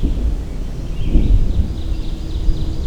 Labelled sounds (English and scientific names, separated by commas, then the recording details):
Ovenbird (Seiurus aurocapilla) song
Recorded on 24 June 2016 at 06:36
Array SBT-6-76